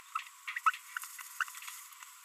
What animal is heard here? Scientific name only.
Forpus passerinus